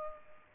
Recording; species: mosquito wingbeat signal from an infrared sensor; Culex pipiens